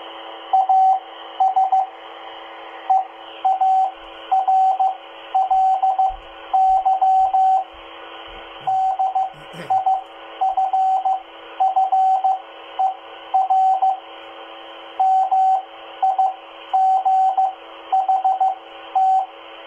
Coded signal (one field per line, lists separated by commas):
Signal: Morse code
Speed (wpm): 15 wpm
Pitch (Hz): 760 Hz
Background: radio noise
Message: AS EARLY DIFFER MIGHT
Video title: Listening to 2 meter band repeater W2YRC @ 146.825 MHz Baofeng UV-5R and Explorer QRZ-1 audio tests